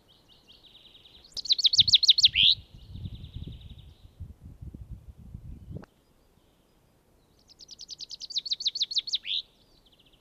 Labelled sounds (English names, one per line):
Common Chaffinch song